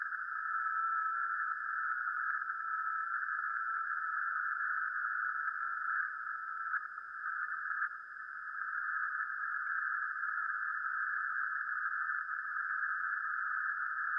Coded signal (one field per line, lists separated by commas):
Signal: FT8